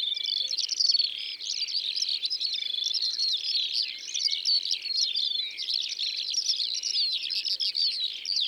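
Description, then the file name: Eurasian skylark song, a continuous high, rapid warbling of trills and chirps with no pauses. Recorded in the Drôme, France. "Alouettes des champs Concerts Naturels de la Drome Studio les Trois Becs"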